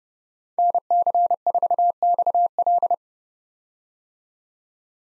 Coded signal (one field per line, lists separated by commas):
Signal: Morse code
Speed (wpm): 30 wpm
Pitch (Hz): 700 Hz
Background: none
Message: NC4XL